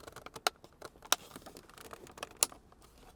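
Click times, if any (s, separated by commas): 0.5 s, 1.1 s, 2.4 s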